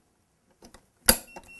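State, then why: Seated. A syringe holder is squeezed and a syringe vial is pushed down until its bottom seats into the clamp of a PCA pump, with faint handling taps at about 0.6 and 0.7 seconds. A sharp, loud click at 1.1 seconds marks the vial seating, followed by a steady high tone. The syringe vial is seated in the pump clamp, and the machine recognizes it.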